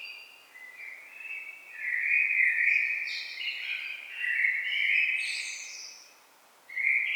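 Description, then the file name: Common blackbird song: long flowing fluted warbles broken by higher chattering notes, then a new phrase starting at the end. "Turdus merula"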